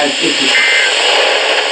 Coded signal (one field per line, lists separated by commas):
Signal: Emergency Alert System (SAME) tones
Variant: end-of-message bursts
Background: speech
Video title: NOAA Radio (EAS # 631-649) Alerts From 3/9/19